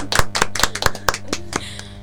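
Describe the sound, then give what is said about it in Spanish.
Applause as a steady run of about ten sharp, evenly spaced claps, a few people clapping in rhythm, with a low hum underneath and no voices. “Muy bien, aplausos.”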